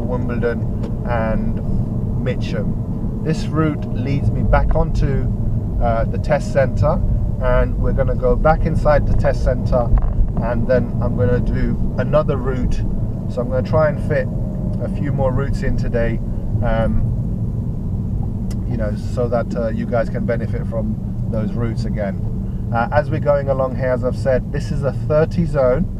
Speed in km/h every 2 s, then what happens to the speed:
34, 32, 29, 29, 32, 31, 29, 26, 24, 19, 19, 16, 13.
0-11 steady at about 31. 11-26 slows to 13.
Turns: none.